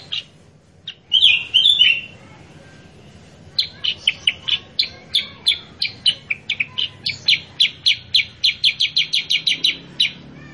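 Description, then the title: Sooty-headed bulbul giving a short warbled phrase, then a long run of sharp chips that speeds up into a rapid rattling series. Masteran training recording for caged birds, presented as a lure (pancingan) to make kutilang sutra very chatty (gacor) with a sharp, spicy voice (suara pedas). "Masteran Kutilang Sutra. PANCINGAN AMPUH KUTILANG SUTRA SUPER GACOR SUARA PEDAS"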